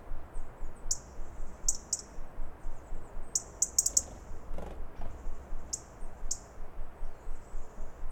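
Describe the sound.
Robin repeating brief, high-pitched thin alarm notes, some doubled, at irregular intervals over a regular pulsing low-frequency noise.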